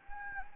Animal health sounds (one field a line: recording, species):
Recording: mosquito wingbeat signal from an infrared sensor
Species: Anopheles gambiae